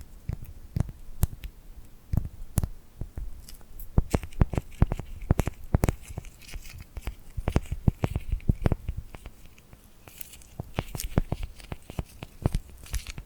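Sticky, glued hands tap and peel apart in quick, irregular crackling snaps, sharp clicks scattered densely throughout over a faint hiss.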